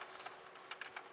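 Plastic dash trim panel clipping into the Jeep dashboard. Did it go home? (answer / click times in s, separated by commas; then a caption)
no / none. A plastic dash trim panel around the climate control on a 2018-2023 Jeep Wrangler or Gladiator, held only by clips with no screws, is handled as it is pushed back into the dashboard. Light plastic taps and rustles are heard, with short sharp ticks near 0.7, 0.8 and 1.0 seconds. The clip ends just before the panel goes home, and nothing has seated or clicked yet.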